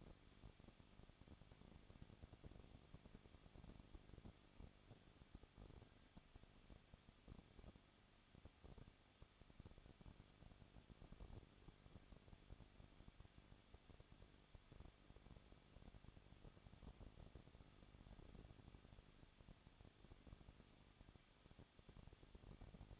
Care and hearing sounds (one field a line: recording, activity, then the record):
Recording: daily activity, microphone in the room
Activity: no activity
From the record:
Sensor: 4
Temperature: 23.1 degrees Celsius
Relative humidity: 34.3%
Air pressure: 1007.2 hPa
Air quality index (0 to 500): 215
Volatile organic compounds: 15 ppm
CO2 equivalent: 2490 ppm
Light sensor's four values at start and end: 2/3/1/1 and 2/3/1/1